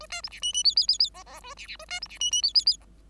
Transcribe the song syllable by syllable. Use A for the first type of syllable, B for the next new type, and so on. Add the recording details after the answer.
A B C D E E F F F F G G A D D A B C D E E F F F G. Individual Bird5